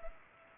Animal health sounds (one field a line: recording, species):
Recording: mosquito wingbeat signal from an infrared sensor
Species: Culex pipiens